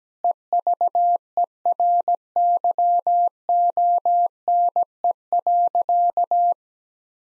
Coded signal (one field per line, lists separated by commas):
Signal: Morse code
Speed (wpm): 17 wpm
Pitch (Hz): 700 Hz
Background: none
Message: EVERYONE.